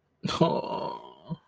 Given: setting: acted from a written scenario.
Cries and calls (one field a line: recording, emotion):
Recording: vocal sound without words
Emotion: sadness